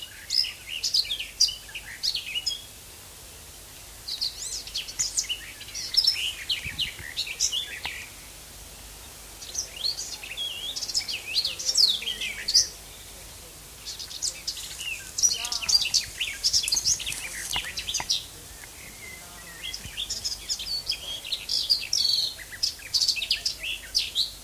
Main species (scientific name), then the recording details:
Sylvia borin. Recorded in the wild. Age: adult. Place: Köppchensee, Berlin, DE. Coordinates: 52.6167, 13.3667. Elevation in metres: 40. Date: 2003-06-22 13:06. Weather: fair, 17-18°C. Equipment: Fair Mate ST-1328 (Asahi Electronics, Japan), Sennheiser ME 80, Kopie Uher 4000 Report Monitor. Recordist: Tembrock, Günter. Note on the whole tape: Gesang, Tier nicht gesehen